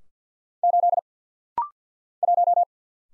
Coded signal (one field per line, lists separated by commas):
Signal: Morse code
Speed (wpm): 50 wpm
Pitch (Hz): 700 Hz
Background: none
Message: 8 1